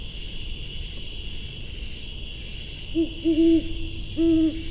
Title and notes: Great Horned Owl (female?). Great Horned Owl calling from forest at Patuxent Research Refuge in Laurel, MD on September 8, 2015 at 8:18pm